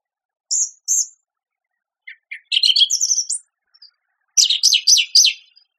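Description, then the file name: Song thrush giving two high clear notes, a pair of low clicks, then a jumbled twittering phrase and a burst of scratchy high notes. "suara-kicauan-burung-song-thrush -omkicau"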